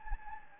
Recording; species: mosquito wingbeat signal from an infrared sensor; Anopheles gambiae